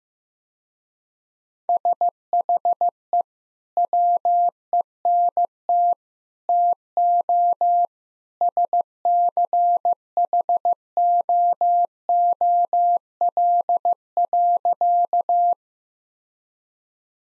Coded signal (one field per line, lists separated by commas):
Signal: Morse code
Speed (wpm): 15 wpm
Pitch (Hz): 700 Hz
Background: none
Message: SHE WENT TO SCHOOL.